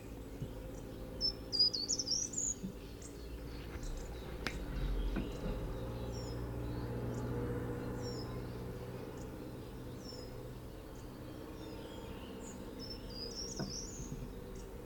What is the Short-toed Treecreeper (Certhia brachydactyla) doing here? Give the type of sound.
song